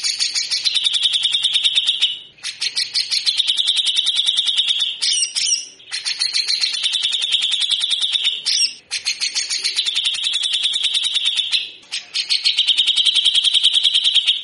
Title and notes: MASTERAN CUCAK JENGGOT GACOR FULL BESETAN KASAR DURASI PANJANG. Burung cucak jenggot